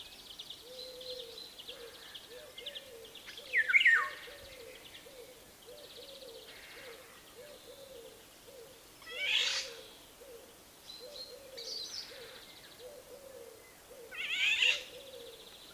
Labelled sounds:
Eurasian Golden Oriole

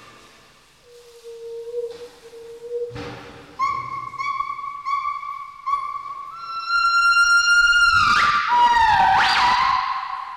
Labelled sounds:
Northern White-cheeked Gibbon

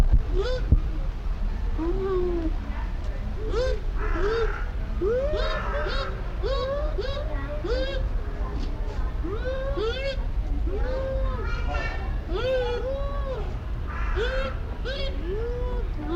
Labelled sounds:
Bush Dog

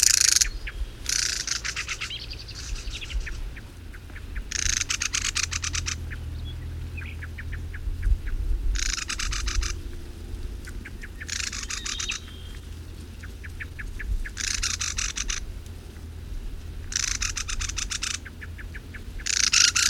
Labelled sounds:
Mistle Thrush call

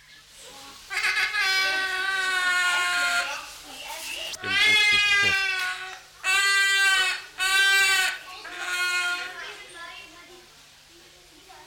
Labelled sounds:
Trumpeter Hornbill

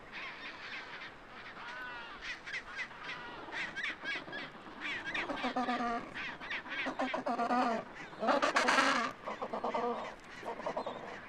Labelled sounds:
Adelie Penguin call

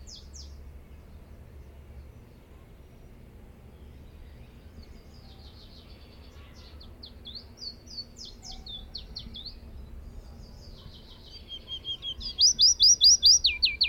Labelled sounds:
Willow Warbler

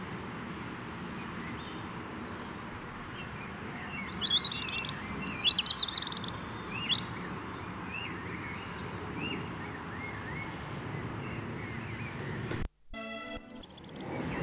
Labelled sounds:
European Robin song

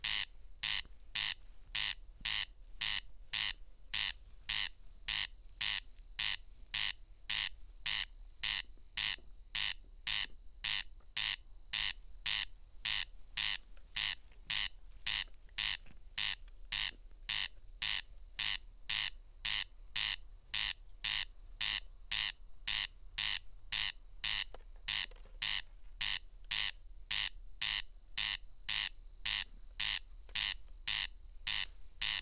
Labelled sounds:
Corn Crake song

